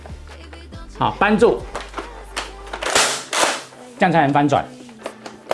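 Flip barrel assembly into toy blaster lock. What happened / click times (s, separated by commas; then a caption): The flip barrel did not fully lock / 5.5 s. Someone talks while the flip barrel assembly of a NERF Elite 2.0 FlipShots Flip-32 toy blaster is rotated and flipped with the lock held down by a thumb, producing scattered rattles and knocks. A sharp click comes at 5.5 s, but the barrel assembly does not fully lock into position.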